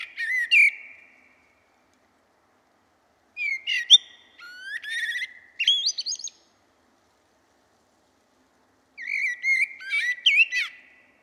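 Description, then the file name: Common blackbird song: three separate phrases of low, fluted whistles, each trailing into squeaky, high twittering, with silent gaps of a few seconds between. "Turdus merula"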